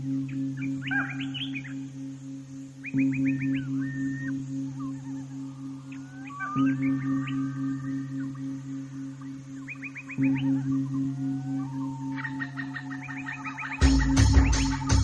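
Chirping, trilling birdsong in short repeated bursts floats over a steady, low sustained drone of ambient music, which swells near the end into a louder, brighter wash of sound.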